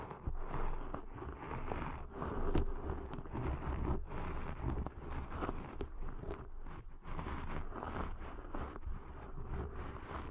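Deep ear cleaning sounds: dense, continuous rustling and scratching with low rumble, crackly clicks and sharp bright pops scattered throughout.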